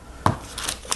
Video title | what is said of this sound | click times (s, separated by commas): Lego Technic Moto Cross Bike - Set #42007 - Unboxing and Build | panel piece we click it up like that | 0.3 s